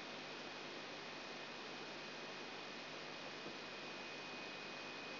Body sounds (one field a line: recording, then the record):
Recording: brain microelectrode recording played as sound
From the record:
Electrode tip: outside the subthalamic nucleus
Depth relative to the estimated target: -6 mm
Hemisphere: left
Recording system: AlphaMap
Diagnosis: Parkinson's disease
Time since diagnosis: 12 years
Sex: female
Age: 47 years